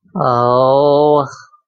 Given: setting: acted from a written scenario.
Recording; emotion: vocal sound without words; adoration